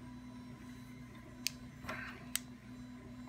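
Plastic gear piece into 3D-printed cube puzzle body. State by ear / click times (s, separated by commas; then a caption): seated / 1.5 s, 2.4 s. 3D-printed plastic gear pieces are pressed into the sockets of a 3D-printed cube puzzle body, giving two sharp clicks at 1.5 s and 2.4 s over a steady low hum. The pieces snap into place only once a little pressure is applied, and both end up seated.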